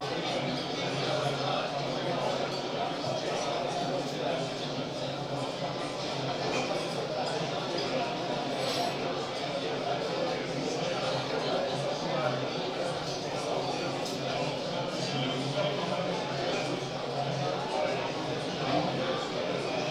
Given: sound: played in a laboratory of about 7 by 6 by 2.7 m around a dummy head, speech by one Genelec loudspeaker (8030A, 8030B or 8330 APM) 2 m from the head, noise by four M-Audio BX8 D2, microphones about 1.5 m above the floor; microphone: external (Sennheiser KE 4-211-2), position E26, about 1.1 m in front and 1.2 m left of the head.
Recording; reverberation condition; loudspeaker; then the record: cafeteria noise; medium; four, about 170 cm from the corners of the room and facing them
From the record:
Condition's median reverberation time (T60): about 510 ms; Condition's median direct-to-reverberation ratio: about -0.5 dB